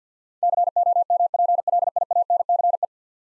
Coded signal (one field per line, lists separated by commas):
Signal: Morse code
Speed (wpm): 49 wpm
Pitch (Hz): 700 Hz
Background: none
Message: COMPLIANCE